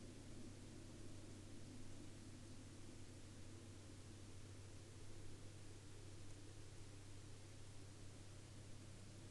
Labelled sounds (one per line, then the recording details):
aircraft
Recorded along the Dempster Highway, Canada, on 27 October 2020 at 00:03
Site 16